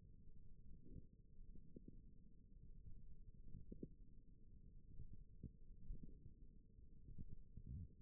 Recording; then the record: forearm muscle sounds (acoustic myography)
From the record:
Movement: wrist flexion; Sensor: system 1, eight BSWA MPA416 microphones around the upper forearm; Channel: 1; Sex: female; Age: 21 years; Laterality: right